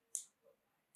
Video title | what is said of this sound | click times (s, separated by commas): How to use the MetMo Multi Drive | and then just slowly slide it in until it clicks. There we go. | 0.2 s